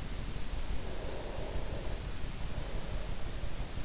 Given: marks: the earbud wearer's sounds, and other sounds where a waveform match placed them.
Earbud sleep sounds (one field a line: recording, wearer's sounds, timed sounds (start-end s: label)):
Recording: sounds in sleep by an in-ear microphone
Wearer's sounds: breath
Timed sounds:
0.59-3.73 s: breath